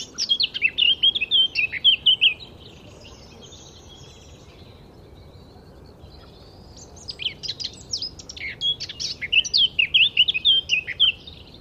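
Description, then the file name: Eurasian blackcap song: a fast warbled phrase, a long quiet pause, then another scratchy phrase finishing in clear fluted whistles. "Sylvia atricapilla"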